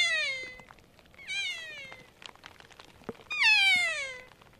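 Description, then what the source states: Kea calls: three drawn-out downslurred wails rich in harmonics, over a soft background hiss. Heard in New Zealand's mountains during very heavy snowfall.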